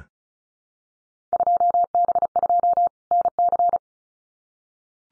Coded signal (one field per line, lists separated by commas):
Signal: Morse code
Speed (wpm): 34 wpm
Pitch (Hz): 700 Hz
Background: none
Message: 2B2 NC